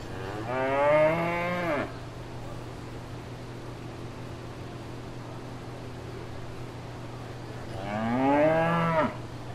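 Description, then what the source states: Cow moos twice, each short and harmonic with a falling ending, against a persistent low drone. Cow at fair grounds.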